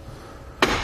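A folding Kuat NV 2.0 hitch bike rack for two bikes, mounted on a 2017 Dodge Grand Caravan, is pushed up into its folded position after its release tab is pulled, giving more rear clearance for parking or a garage. After quiet low-level handling noise, a sharp broadband metal click sounds at 0.6 s as the latch engages and the rack arm locks into the hitch mount, seated in place.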